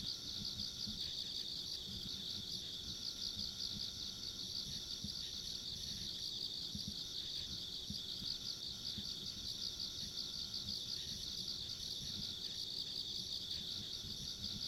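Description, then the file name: Insects chirping in a dense, steady chorus, a high shimmering band with rapid pulsing, plus a fainter higher trill and low rumbling background noise throughout. Ambient insect sounds along a country road. "田舎道の虫の環境音"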